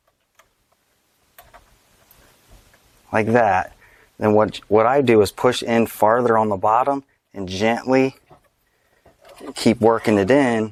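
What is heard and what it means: A brake pedal arm on a Buick LaCrosse or Regal, or a Cadillac SRX or XTS, is set gently and squarely into its pedal bracket bushing. It is then pushed in farther at the bottom and worked in while someone talks. A few faint ticks are heard near the start, and nothing has seated or clicked yet.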